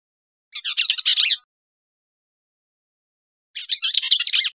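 Bell's vireo giving two quick, harsh, tumbling warbles, about three seconds apart.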